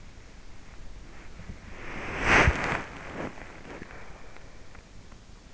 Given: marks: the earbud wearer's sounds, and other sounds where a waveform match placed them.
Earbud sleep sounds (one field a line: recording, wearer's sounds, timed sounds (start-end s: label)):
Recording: sounds in sleep by an in-ear microphone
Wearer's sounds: body movement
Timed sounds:
1.42-4.28 s: body movement